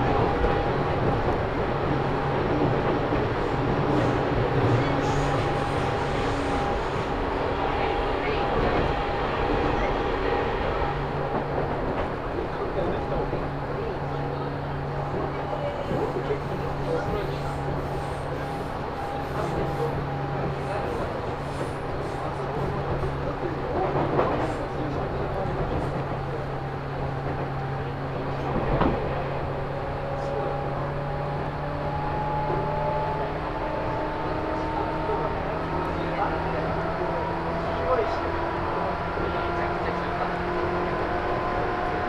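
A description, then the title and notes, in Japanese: A local train on the Chūō East Line runs from Ōtsuki toward Takao, filling the ride with a steady, dense rumble. Motor tones hum underneath, with one rising in pitch from about 10 seconds on. Sharp clicks and knocks come at about 24 and 29 seconds. 中央東線普通 大月→高尾。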